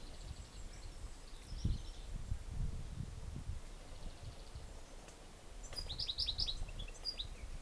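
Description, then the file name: European goldfinch calls: a few faint high chirps early, then a brighter cluster of rapid tinkling notes near the end, with heavy low rumbling noise throughout. "Carduelis carduelis"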